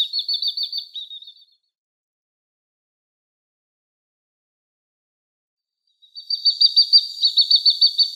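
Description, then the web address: Great Crested Grebe chicks give a quick burst of high, rapid peeping notes, then fall silent for several seconds before another fast run of shrill piping. Downy young. "Schulze Peter Great Crested Grebe downy Young"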